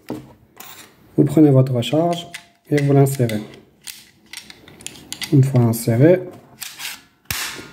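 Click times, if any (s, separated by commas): 7.3 s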